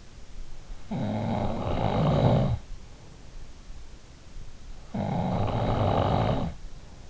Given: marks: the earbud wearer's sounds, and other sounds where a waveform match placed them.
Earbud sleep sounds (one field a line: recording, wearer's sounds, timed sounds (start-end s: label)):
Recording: sounds in sleep by an in-ear microphone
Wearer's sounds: snoring breath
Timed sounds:
0.30-2.99 s: snoring breath
4.47-7.10 s: snoring breath